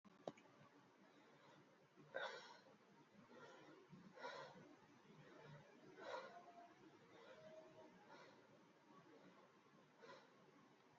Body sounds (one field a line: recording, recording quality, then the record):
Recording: shallow breathing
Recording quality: excellent, no background noise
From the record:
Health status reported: healthy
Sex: male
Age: 42 years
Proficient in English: yes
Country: India